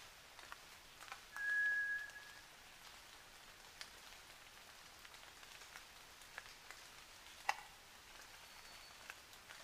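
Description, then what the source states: White's thrush song: a drawn-out, even-pitched whistle over steady pattering rain and occasional drips. At night, 29 June 2009, 23:14.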